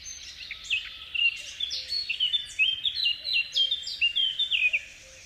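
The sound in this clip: Eurasian blackcap singing a lively, continuous warble of quick fluting and twittering notes.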